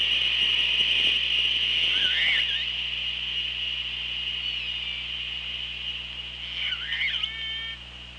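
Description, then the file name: Killer whale calls: two twisting harmonic calls, about five seconds apart, heard through heavy hiss and rumbling noise. Recorded on the Orca Lab hydrophone, 24 August 2017 at 17:23. "Orca Lab UTLN JASON 20170824 172300"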